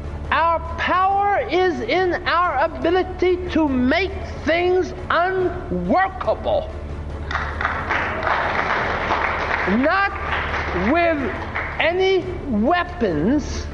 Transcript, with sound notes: Our power is in our ability to make things unworkable. [applause] Not with any weapons